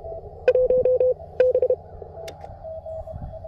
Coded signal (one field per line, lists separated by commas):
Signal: Morse code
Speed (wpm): 31 wpm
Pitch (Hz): 510 Hz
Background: none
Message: 1 B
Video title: POTA CW Transceiver Comparison CFT1 QMX and KH1 Parks on the Air Test Morse Code Ham Radio Receiver